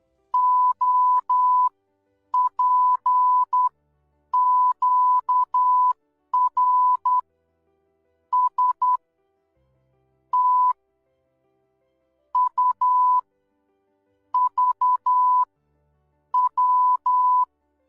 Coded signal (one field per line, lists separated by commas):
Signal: Morse code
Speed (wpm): 10 wpm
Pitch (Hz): 1000 Hz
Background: none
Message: OPQRSTUVW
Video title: Morse Code